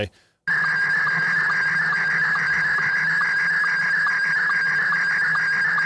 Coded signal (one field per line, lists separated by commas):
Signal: SSTV (slow-scan television)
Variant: Scottie 1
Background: speech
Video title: Maximize Ham Radio performance using these top 3 Ham IOS Apps!